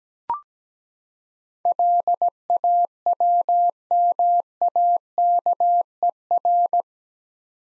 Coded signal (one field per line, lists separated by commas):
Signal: Morse code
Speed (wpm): 17 wpm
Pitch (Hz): 700 Hz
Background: none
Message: LAWMAKER